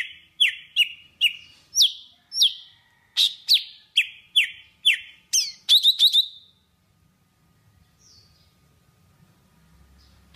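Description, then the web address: Java sparrow song of evenly spaced, downslurred whistled notes, about two per second, ending in a quick flourish before silence. "tieng chim thanh tuoc hot. tieng dong vat"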